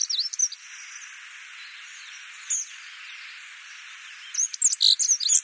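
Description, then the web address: Black-throated accentor song: a brief high twittering burst at the start and another at the end, separated by a long stretch of faint steady high-pitched background hiss with a single short note midway. "Schulze Peter Black-throated Accentor song"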